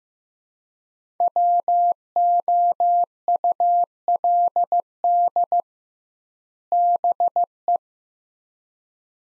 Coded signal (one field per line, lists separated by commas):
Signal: Morse code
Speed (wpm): 15 wpm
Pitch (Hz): 700 Hz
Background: none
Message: WOULD BE